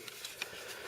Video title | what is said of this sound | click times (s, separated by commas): Blackhawk Serpa2: Holster of Death!! | Serpa locks into place and it's not going anywhere | 0.4 s